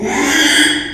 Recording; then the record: squeal of a Yucatan mini pig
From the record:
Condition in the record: after surgery on the right vocal fold (resection and tissue-engineered implant); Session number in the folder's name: 3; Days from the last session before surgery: 33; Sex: male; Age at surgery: 12 weeks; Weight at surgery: 13 kg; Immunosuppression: cyclosporine, prednisolone